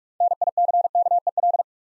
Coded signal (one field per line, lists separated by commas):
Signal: Morse code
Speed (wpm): 44 wpm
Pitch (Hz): 700 Hz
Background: none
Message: NICKEL